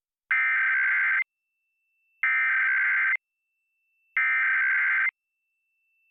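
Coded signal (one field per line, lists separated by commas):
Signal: Emergency Alert System (SAME) tones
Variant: header bursts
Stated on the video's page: National EAS test recorded on TiVo.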